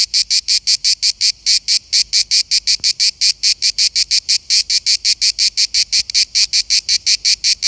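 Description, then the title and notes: Cicada song: a long run of harsh, buzzing pulses in rapid succession, unbroken, with a few faint clicks in the background. Single cicada, on holiday in Verona. "Eine Zikade im Urlaub in Verona"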